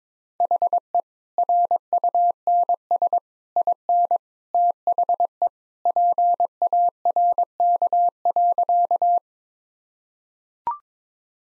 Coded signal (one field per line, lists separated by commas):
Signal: Morse code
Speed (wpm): 22 wpm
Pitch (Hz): 700 Hz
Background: none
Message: HE RUNS IN THE PARK.